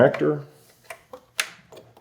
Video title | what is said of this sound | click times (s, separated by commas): 2018 BMW S1000RR Fairing Removal/Installation on our 2020 STG Project Bike - Sportbike Track Gear | Make sure you hear a nice positive click. | 1.4 s